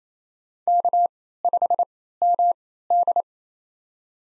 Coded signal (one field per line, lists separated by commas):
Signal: Morse code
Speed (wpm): 29 wpm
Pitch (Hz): 700 Hz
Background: none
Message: K5MD